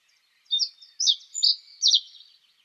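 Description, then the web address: Reed bunting giving a single short phrase of four high, slightly buzzy chirped notes, spaced evenly over about two seconds. "Schulze Peter Reed Bunting song"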